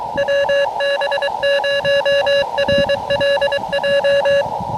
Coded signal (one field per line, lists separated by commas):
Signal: Morse code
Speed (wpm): 22 wpm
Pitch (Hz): 560 Hz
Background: music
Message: WB0RLJ